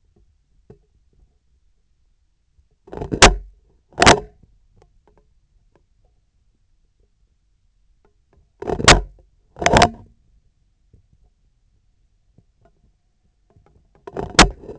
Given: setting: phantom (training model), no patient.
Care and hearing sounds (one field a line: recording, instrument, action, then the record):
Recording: laparoscopic instrument, vibration sensor on the handle end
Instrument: scissors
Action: opening and closing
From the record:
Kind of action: tool actuation without material contact